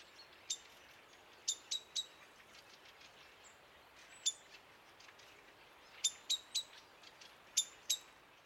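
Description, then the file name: Common blackbird metallic ticking calls, some single and some in irregular clusters of two or three, with soft hiss throughout. "Turdus merula"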